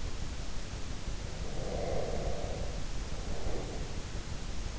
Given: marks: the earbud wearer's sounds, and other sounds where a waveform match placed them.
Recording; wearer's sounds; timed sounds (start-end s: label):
sounds in sleep by an in-ear microphone; breath
1.45-4.05 s: breath